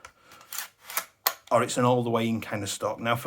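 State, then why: Seated. The release button on the plastic sliding stock of a Jing Gong JG111 T3-K2 RIS airsoft rifle is pressed and the stock slides along the buffer tube with faint rubbing scrapes. It stops with a sharp, loud hit at 1.3 s as it locks into its end position. Someone then talks.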